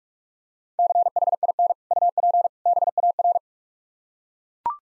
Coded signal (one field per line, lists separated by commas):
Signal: Morse code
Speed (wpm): 45 wpm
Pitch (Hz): 700 Hz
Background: none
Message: CHIN UP BAR